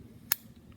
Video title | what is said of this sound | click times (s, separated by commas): How to upgrade your LS or LT rocker arm trunions. | you want to make sure it clicks into place like that | 0.3 s